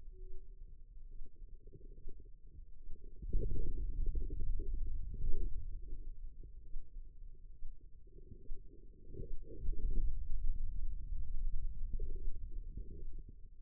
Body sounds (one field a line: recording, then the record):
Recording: forearm muscle sounds (acoustic myography)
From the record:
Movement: hand opening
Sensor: system 2, bracelet of six BSWA MPA416 microphones around the upper forearm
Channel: 3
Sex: female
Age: 25 years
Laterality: right